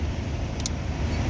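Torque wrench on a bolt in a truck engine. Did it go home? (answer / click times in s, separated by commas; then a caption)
yes / 0.6 s, 0.7 s. A torque wrench with an extension tightens a bolt on an engine component of a five-year-old truck until it reaches its setting. Two sharp clicks at 0.6 s and 0.7 s stand out over a steady low rumble. The wrench clicks at its set torque, confirming the bolt is tightened.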